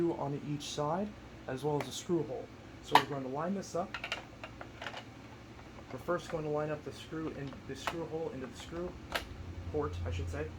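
A colored plastic cover is lined up by its screw hole and side tabs onto the body of a Bissell ProHeat 2X Revolution Pet carpet cleaner before being pushed home. Someone talks throughout while light plastic handling sounds occur, with a few brief sharp taps around 4.4–4.9 seconds. Nothing has seated or clicked yet.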